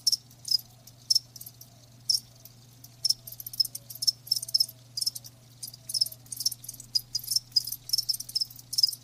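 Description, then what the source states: Crickets chirping in high clustered pulses, irregularly spaced, with a steady low hum in the background. Live crickets chirping.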